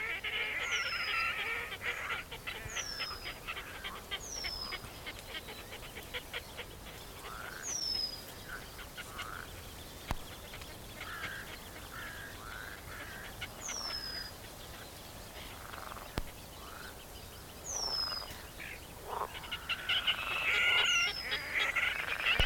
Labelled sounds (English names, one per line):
Eurasian Penduline Tit call